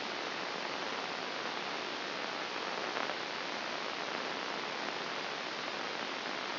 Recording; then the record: brain microelectrode recording played as sound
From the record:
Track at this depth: outside the subthalamic nucleus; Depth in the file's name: 1.238 mm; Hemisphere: left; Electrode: 2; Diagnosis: Parkinson's disease